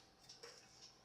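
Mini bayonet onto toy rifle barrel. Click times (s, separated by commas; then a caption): 0.3 s, 0.4 s. A small plastic bayonet is clipped onto the barrel of a foam-dart rifle. Two short clicks are heard at 0.3 s and 0.4 s over low background noise, and the bayonet seats in place.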